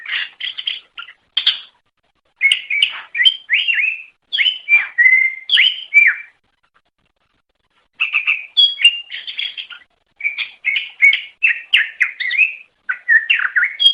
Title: mster Mnuk. Suara Cucak Ijo Banyuwangi Gacor Ngeplong Master. Masteran Cucak Ijo Juara Nasional